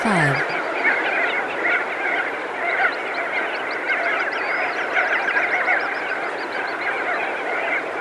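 Crested auklet calls, a crowded chorus of honks with some higher squealing notes, opening with a brief falling synthetic sweep.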